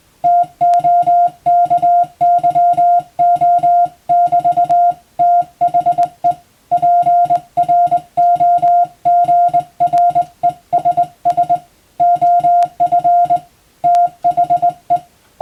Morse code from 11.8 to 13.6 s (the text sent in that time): OF